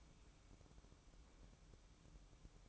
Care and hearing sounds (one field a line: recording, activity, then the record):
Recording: daily activity, microphone in the room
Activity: open fridge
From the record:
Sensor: 1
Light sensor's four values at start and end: 12/29/12/13 and 12/29/12/13